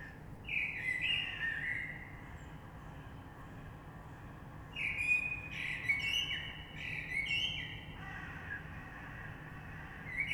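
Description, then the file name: Common blackbird song: several fluted, gliding whistled phrases followed by thin high twitters, with short pauses between. Recorded 3 March 2020. "Rush Merle"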